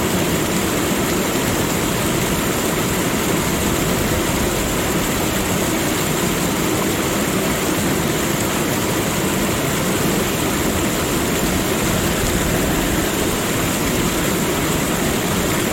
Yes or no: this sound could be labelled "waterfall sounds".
yes